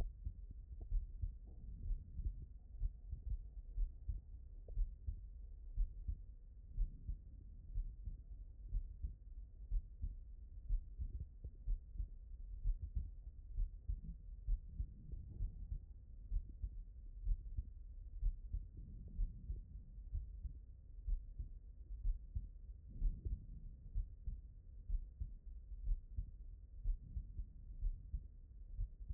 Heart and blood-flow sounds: heart sounds by stethoscope; pulmonary valve (PV)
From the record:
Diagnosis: non-HFrEF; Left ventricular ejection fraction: 66%

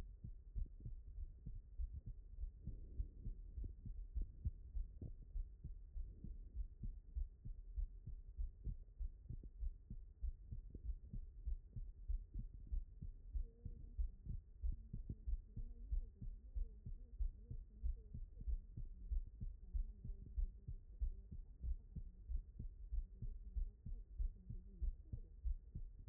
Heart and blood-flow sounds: heart sounds by stethoscope; pulmonary valve (PV)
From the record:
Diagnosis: non-HFrEF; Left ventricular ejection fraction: 47%

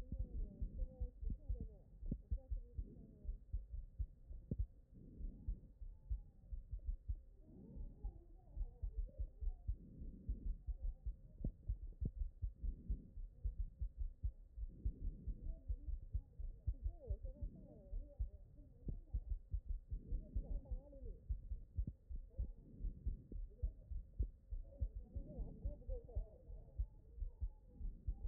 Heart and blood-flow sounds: heart sounds by stethoscope; pulmonary valve (PV)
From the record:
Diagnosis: non-HFrEF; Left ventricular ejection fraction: 61%

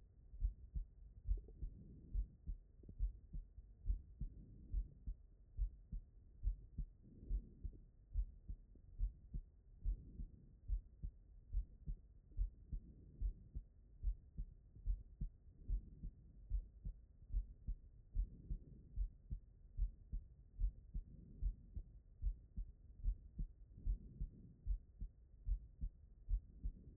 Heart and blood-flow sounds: heart sounds by stethoscope; pulmonary valve (PV)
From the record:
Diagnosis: non-HFrEF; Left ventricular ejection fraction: 65%

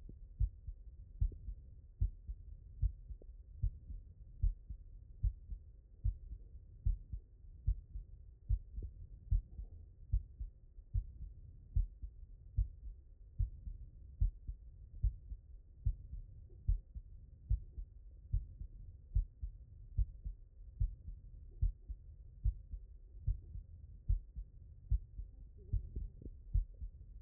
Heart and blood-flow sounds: heart sounds by stethoscope; mitral valve (MV)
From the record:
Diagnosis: non-HFrEF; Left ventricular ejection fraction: 57%

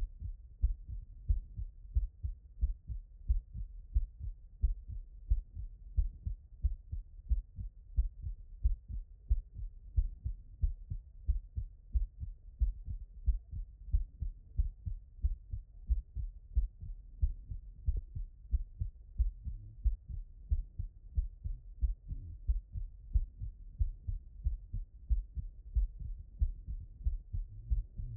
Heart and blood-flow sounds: heart sounds by stethoscope; tricuspid valve (TV)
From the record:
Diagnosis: HFrEF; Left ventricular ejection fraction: 23%

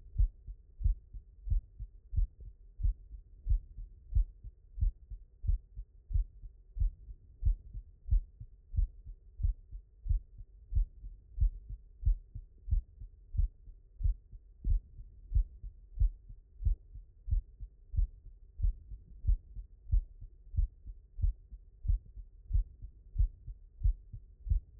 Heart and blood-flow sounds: heart sounds by stethoscope; mitral valve (MV)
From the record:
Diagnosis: non-HFrEF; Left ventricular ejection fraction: 73%

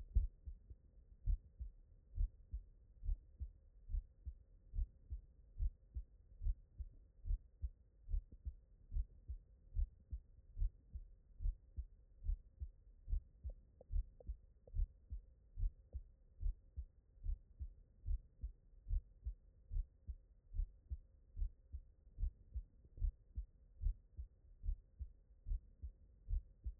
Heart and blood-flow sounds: heart sounds by stethoscope; mitral valve (MV)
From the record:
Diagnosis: non-HFrEF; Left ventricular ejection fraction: 66%

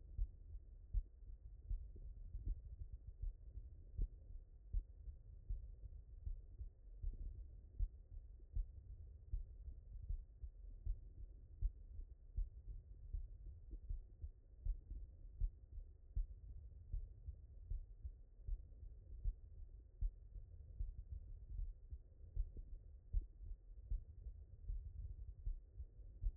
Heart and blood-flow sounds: heart sounds by stethoscope; mitral valve (MV)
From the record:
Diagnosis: non-HFrEF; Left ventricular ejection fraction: 68%

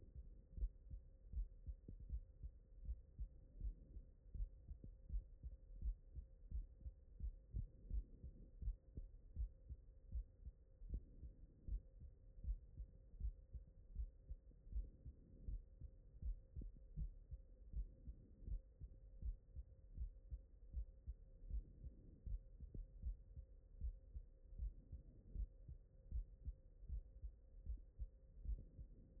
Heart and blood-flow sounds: heart sounds by stethoscope; mitral valve (MV)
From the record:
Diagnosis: non-HFrEF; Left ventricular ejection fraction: 73%

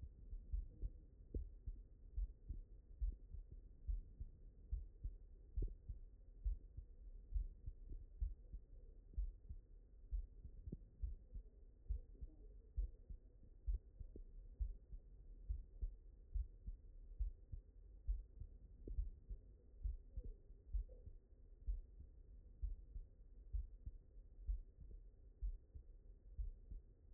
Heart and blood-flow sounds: heart sounds by stethoscope; mitral valve (MV)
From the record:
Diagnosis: non-HFrEF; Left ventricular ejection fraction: 65%

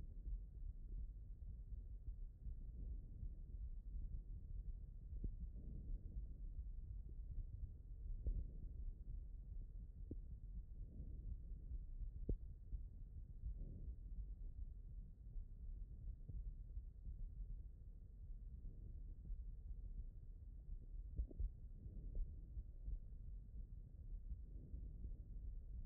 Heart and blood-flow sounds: heart sounds by stethoscope; aortic valve (AV)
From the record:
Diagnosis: HFrEF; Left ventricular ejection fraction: 23%

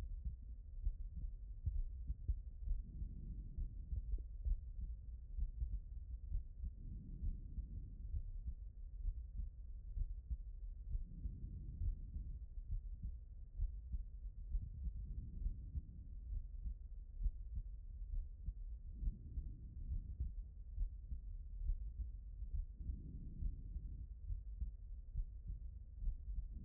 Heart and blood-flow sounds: heart sounds by stethoscope; pulmonary valve (PV)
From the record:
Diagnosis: non-HFrEF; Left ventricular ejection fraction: 71%

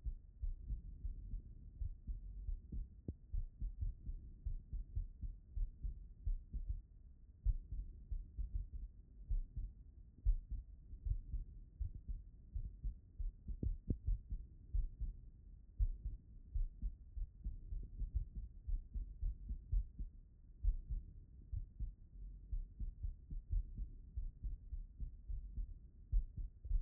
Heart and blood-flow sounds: heart sounds by stethoscope; pulmonary valve (PV)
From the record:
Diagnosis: non-HFrEF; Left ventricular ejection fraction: 61%

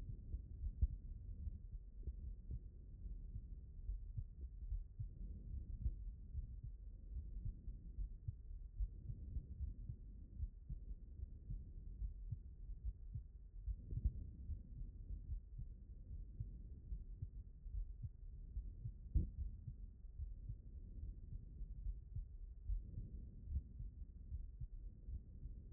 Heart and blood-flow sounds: heart sounds by stethoscope; aortic valve (AV)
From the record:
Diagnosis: non-HFrEF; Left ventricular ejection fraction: 67%

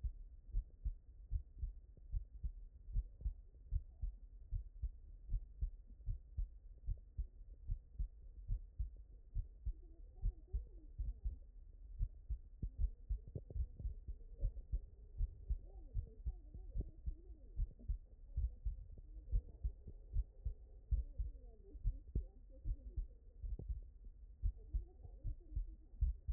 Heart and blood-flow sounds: heart sounds by stethoscope; tricuspid valve (TV)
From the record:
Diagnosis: non-HFrEF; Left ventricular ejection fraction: 49%

